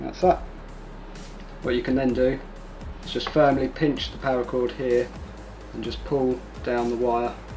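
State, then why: Not seated. A re-terminated metal pin on a braided PCI-e extension wire is handled at the plastic connection block, with the paracord pinched while the crimped wire is pulled back so the pin's tab can lock. Someone talks over steady background music, with no sharp sounds. Nothing has seated or clicked yet.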